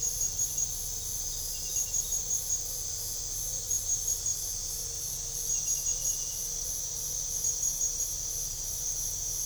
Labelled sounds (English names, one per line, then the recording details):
none
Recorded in pastures near Puerto Asís, Putumayo, Colombia, on 22 December 2024 at 23:30
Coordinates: 0.497, -76.327
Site G088